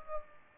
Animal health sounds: mosquito wingbeat signal from an infrared sensor; Aedes aegypti

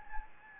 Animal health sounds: mosquito wingbeat signal from an infrared sensor; Anopheles gambiae

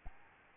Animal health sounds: mosquito wingbeat signal from an infrared sensor; Aedes albopictus

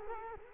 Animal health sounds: mosquito wingbeat signal from an infrared sensor; Culex quinquefasciatus

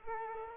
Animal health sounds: mosquito wingbeat signal from an infrared sensor; Culex quinquefasciatus

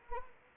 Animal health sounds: mosquito wingbeat signal from an infrared sensor; Anopheles arabiensis

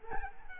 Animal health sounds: mosquito wingbeat signal from an infrared sensor; Culex quinquefasciatus

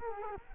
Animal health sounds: mosquito wingbeat signal from an infrared sensor; Culex quinquefasciatus

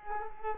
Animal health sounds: mosquito wingbeat signal from an infrared sensor; Culex quinquefasciatus

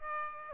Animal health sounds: mosquito wingbeat signal from an infrared sensor; Aedes aegypti

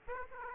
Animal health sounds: mosquito wingbeat signal from an infrared sensor; Aedes aegypti

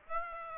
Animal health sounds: mosquito wingbeat signal from an infrared sensor; Aedes aegypti

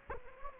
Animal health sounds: mosquito wingbeat signal from an infrared sensor; Anopheles gambiae

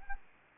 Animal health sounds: mosquito wingbeat signal from an infrared sensor; Anopheles arabiensis

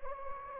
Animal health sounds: mosquito wingbeat signal from an infrared sensor; Anopheles gambiae

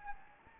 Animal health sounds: mosquito wingbeat signal from an infrared sensor; Anopheles gambiae

